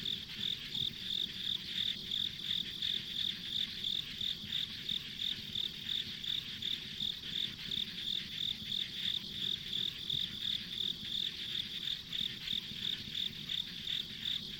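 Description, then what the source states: Insect chirping, bright high pulses repeating steadily near three times a second for the whole stretch, backed by a continuous shrill drone and quiet rumble. Insects as ambient sound on a country road.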